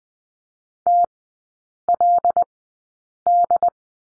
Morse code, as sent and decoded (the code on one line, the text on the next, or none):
- .-.. -..
TLD